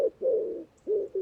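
Bird giving low coos, a long note then a shorter one and a brief short note.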